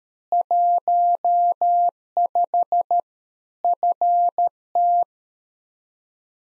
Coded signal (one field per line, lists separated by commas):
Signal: Morse code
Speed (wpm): 13 wpm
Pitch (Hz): 700 Hz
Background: none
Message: 15 FT